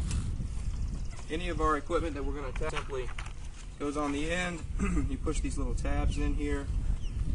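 Someone talks while a pool vacuum head attachment is handled at the end of a telescopic pool pole, its spring tabs being pressed in before it is pushed on. The attachment is not yet home, and nothing has seated or clicked yet.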